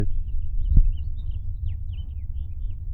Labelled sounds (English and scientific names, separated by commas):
House Finch (Haemorhous mexicanus) song